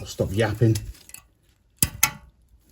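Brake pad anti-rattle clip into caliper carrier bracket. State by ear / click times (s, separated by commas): seated / 1.8 s, 2.0 s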